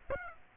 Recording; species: mosquito wingbeat signal from an infrared sensor; Aedes aegypti